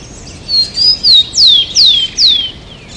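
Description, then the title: Bird song: about six clear whistled notes in quick succession, the later ones sliding downward in pitch. "LuckyPassaro Completos2Sama"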